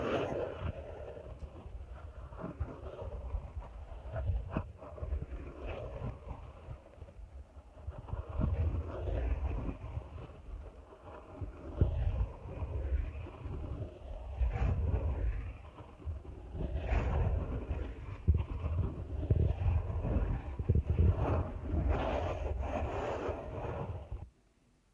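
Deep ear canal massage: a steady, dense low rumble of rubbing and pressing that fills the whole clip, with muffled swishes rising and falling every second or so. Brighter crackly scrapes surface now and then, especially toward the end, before the sound cuts off abruptly.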